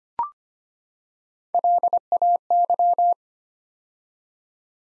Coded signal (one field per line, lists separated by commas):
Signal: Morse code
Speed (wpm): 25 wpm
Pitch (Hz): 700 Hz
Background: none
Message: LAY